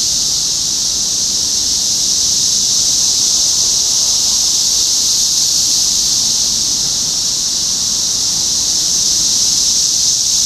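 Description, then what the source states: Chorus of cicadas giving a steady, high, hissing whine that stays level and uninterrupted throughout. Recorded in Topeka, Kansas, on 14 June 2015.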